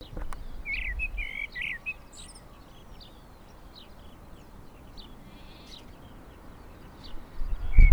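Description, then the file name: Eurasian blackbird calls, a short burst of clucking notes in the first two seconds, with thin high ticks from other birds and low rumbling background noise. "Turdus merula"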